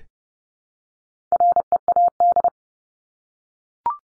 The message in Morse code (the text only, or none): READ